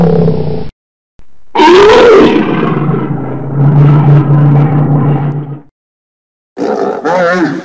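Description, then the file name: Bear growling: a loud roar that rises and falls, then a long low rumbling growl, broken by abrupt cuts, with two short, rougher bursts near the end. "Tieng con gau keu"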